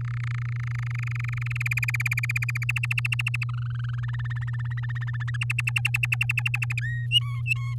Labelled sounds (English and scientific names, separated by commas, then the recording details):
Domestic Canary (Serinus canaria) song
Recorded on 10 May 2018 at 05:50
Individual llb16